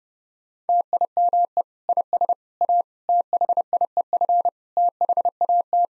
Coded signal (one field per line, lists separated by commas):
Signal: Morse code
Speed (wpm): 30 wpm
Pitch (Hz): 700 Hz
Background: none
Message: TIME IS A THIEF THAT